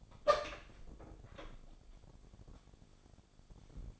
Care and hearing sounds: daily activity, microphone in the room; open door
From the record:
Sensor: 5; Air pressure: 1007.1 hPa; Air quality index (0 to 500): 171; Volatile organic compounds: 4 ppm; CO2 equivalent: 1635 ppm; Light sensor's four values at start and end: 56/157/61/61 and 55/157/61/61

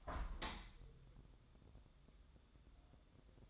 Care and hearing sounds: daily activity, microphone in the room; open window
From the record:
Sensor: 3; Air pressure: 1014.9 hPa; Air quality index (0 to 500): 72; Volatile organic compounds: 1 ppm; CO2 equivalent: 973 ppm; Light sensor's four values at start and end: 9/22/9/9 and 9/22/9/9

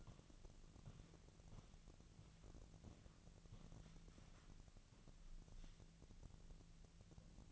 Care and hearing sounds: daily activity, microphone in the room; walk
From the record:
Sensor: 4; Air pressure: 1012.9 hPa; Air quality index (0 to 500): 173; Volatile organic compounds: 2 ppm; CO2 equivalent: 1098 ppm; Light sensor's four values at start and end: 71/175/75/79 and 71/175/75/79

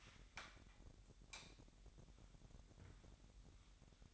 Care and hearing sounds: daily activity, microphone in the room; light on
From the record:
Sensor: 3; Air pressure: 1011.9 hPa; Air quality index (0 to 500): 232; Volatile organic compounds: 5 ppm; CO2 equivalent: 1724 ppm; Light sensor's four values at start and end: 14/32/13/14 and 16/40/17/17

